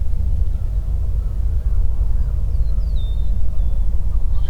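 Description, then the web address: Eastern meadowlark whistles one thin, slurred phrase that drops in pitch, set against heavy low rumbling noise. "Eastern meadowlark. صدای-پرنده-چمن-چکاو-شرقی"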